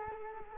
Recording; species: mosquito wingbeat signal from an infrared sensor; Culex quinquefasciatus